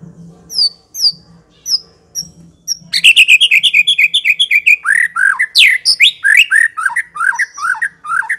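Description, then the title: White-rumped shama song: several thin high whistles over a low hum, then a loud fast sequence of repeated sweeping notes and chattering phrases. Song used as a lure to provoke an aggressive fighting bird. "Pancingan Murai Batu Galak"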